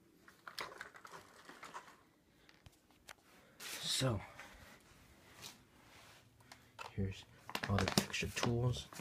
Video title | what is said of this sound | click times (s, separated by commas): Unboxing Dyson DC65 Animal Complete and Walkthrough | bit harder with more force until you hear that tiny click right there and it should just stand right there | 0.5 s